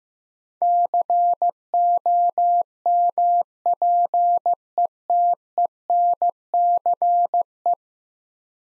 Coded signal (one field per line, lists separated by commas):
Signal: Morse code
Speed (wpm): 16 wpm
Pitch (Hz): 700 Hz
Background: none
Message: COMPETENCE